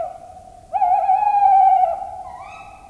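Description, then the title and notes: Tawny owl calling a long, even, tremulous hoot of over a second, preceded by a fainter tone and followed by a short rising note. "Viikon luontoääni: Lehtopöllö. Juha Laaksonen"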